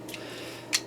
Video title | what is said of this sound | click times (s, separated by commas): Optibotimus Reviews: Transformers Power of the Primes Leader Class OPTIMAL OPTIMUS | and then this piece is going to come around and lock into place | 0.8 s